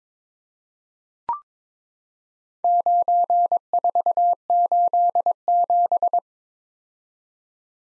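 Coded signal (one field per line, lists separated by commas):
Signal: Morse code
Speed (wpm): 22 wpm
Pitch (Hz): 700 Hz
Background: none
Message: 9487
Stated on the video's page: Morse practice set at 22 wpm: random four-character letter-number groups, each sent, then spoken, then sent again.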